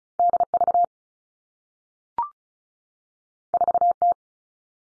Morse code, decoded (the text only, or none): D V 4 T